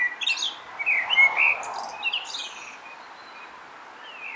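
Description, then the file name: Common blackbird phrase of rich whistled notes mixed with high, thin twittering, lasting about two and a half seconds before fading into soft background hiss. "Turdus merula"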